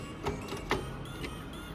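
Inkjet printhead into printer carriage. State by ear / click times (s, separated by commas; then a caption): seated / 0.7 s. A plastic inkjet printhead is pushed straight, with a little force, into the carriage of an HP Ink Tank 310/315/410/415 printer while a faulty printhead is being replaced. Faint plastic rubbing is followed by a single sharp snap at 0.7 s as the printhead locks into the carriage and seats.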